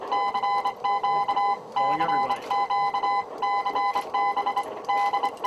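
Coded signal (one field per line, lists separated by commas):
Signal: Morse code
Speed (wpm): 25 wpm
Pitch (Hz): 810 Hz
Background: speech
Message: CQ CQ CB D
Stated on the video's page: Night of Nights event transmission.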